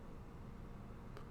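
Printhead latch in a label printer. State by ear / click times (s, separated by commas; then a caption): seated / 1.2 s. The blue plastic printhead latch on an Afinia L901 label printer is closed after the printhead is installed. A single short click is heard at 1.2 s over a steady low background hum, and the latch is seated.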